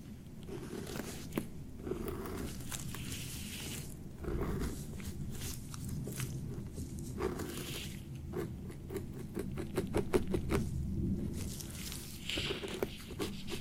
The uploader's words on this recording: ASMR Relaxing Beard Treatment [NO TALKING].